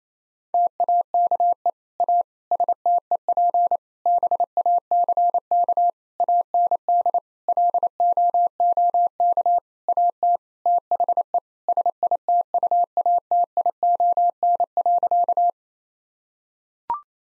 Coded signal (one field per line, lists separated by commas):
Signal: Morse code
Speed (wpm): 28 wpm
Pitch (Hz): 700 Hz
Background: none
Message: TAKE A STEP BACK AND LOOK AT THE SITUATION.